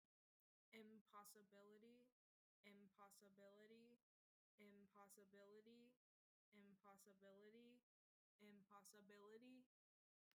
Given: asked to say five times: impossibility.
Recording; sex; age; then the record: repeated word; female; 20 to 29 years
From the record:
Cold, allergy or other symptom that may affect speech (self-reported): no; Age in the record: 23 years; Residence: Indiana, United States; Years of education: 13